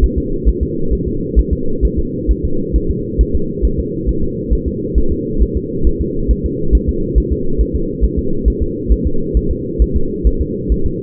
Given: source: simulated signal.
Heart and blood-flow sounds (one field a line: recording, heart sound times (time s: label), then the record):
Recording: fetal heart sounds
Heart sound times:
0.04 s: S1
0.18 s: S2
0.49 s: S1
0.63 s: S2
0.93 s: S1
1.07 s: S2
1.39 s: S1
1.53 s: S2
1.85 s: S1
1.99 s: S2
2.31 s: S1
2.45 s: S2
2.76 s: S1
2.91 s: S2
3.21 s: S1
3.35 s: S2
3.65 s: S1
3.79 s: S2
4.09 s: S1
4.24 s: S2
4.53 s: S1
4.68 s: S2
4.98 s: S1
5.12 s: S2
5.42 s: S1
5.57 s: S2
5.87 s: S1
6.01 s: S2
6.31 s: S1
6.46 s: S2
6.75 s: S1
6.89 s: S2
7.18 s: S1
7.33 s: S2
7.61 s: S1
7.75 s: S2
8.04 s: S1
8.19 s: S2
8.48 s: S1
8.62 s: S2
8.92 s: S1
9.07 s: S2
9.37 s: S1
9.51 s: S2
9.82 s: S1
9.96 s: S2
10.27 s: S1
10.41 s: S2
10.72 s: S1
10.86 s: S2
From the record:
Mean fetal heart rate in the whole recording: 135 bpm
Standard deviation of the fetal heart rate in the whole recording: 3 bpm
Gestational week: 34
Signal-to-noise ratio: -8.1 dB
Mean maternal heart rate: 72 bpm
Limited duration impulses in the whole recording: absent